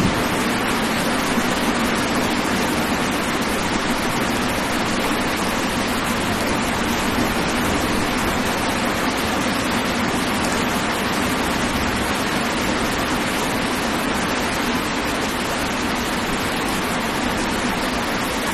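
Rain falls steadily and densely, a continuous hiss spread from low rumble up to bright spatter, with no pauses or swells across the whole stretch. The level stays even throughout, and no distinct thunderclap stands out, just a soft low roar beneath the downpour.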